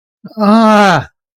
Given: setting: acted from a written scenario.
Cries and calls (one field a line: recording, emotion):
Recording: vocal sound without words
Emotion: distress